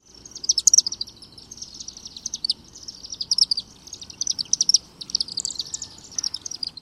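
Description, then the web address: Chimney swift chattering: rapid high twittering chips running together in continuous bursts. "Thumbs Plus Zoo Field Guide Repository"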